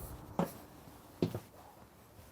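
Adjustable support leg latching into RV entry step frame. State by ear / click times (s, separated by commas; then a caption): seated / 0.4 s. An adjustable support leg on deployable metal MORryde StepAbove RV steps on a 2022 Forest River Salem FSX travel trailer is extended to the ground by pressing its button. It latches into the step frame with a sharp click at 0.4 s. A second, quieter knock follows at 1.2 s, and the leg is then seated.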